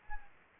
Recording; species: mosquito wingbeat signal from an infrared sensor; Anopheles gambiae